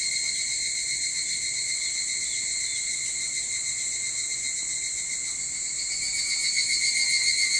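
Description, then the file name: Evening cicadas sing in a continuous shrill, buzzing drone that stays level in pitch and loudness, swelling slightly near the end. Recorded 22 July 2023 at 04:40. "higurashi 230722 0440"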